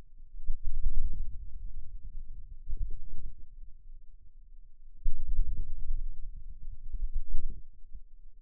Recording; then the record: forearm muscle sounds (acoustic myography)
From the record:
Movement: wrist flexion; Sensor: system 2, bracelet of six BSWA MPA416 microphones around the upper forearm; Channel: 5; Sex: male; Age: 22 years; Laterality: right